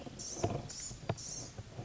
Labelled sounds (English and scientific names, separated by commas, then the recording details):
Blue-gray Gnatcatcher (Polioptila caerulea)
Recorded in Sonoma County, California